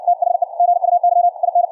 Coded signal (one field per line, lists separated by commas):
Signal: Morse code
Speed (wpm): 64 wpm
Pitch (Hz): 700 Hz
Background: none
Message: THE GUY IN